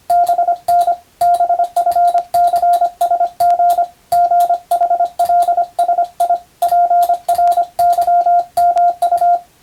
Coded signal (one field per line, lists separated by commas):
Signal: Morse code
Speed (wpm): 25 wpm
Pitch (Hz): 700 Hz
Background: radio noise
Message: BN BFCSG GHLSI PRYMU